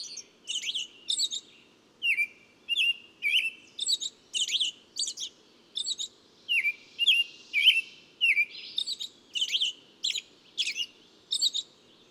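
Bird song: rapid series of high chirps and short twittering notes, about two per second, steady and lively with quiet gaps between.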